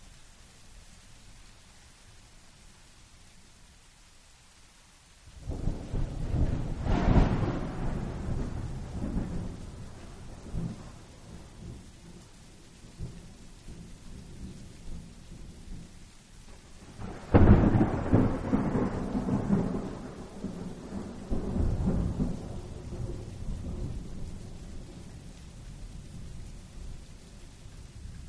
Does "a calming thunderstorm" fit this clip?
yes